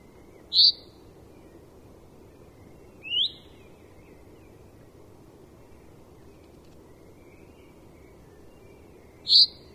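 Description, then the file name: Common chaffinch calling with brief, bright, high notes, three spaced widely across ten seconds, the middle one softer, against quiet low rumble. "Fringilla coelebs"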